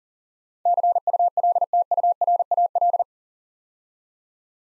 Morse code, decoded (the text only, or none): CULTURAL